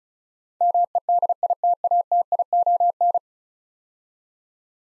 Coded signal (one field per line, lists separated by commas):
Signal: Morse code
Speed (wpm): 36 wpm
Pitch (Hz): 700 Hz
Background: none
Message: MEDITATION